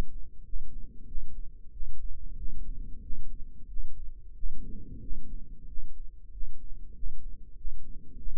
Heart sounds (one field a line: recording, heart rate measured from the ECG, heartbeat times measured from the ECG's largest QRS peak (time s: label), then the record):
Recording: heart sounds by microphone in the right ear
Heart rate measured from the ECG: 93 bpm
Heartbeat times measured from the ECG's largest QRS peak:
0.44 s: heartbeat
1.06 s: heartbeat
1.71 s: heartbeat
2.36 s: heartbeat
3.01 s: heartbeat
3.68 s: heartbeat
4.34 s: heartbeat
5.00 s: heartbeat
5.67 s: heartbeat
6.31 s: heartbeat
6.94 s: heartbeat
7.55 s: heartbeat
8.16 s: heartbeat
From the record:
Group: healthy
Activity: cold pressor test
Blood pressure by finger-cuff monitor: 145/68 mmHg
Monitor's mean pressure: 88 mmHg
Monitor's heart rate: 92 bpm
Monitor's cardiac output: 10.3 L/min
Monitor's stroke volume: 112 mL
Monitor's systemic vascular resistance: 630 dyn s/cm5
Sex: male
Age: 24 years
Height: 184 cm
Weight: 89 kg